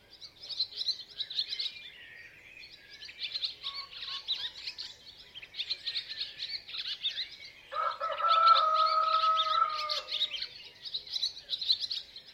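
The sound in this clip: Chicken: rooster crowing, a single drawn-out, steady crow lasting about two seconds in the second half, set against a continuous chorus of chirping, twittering songbirds.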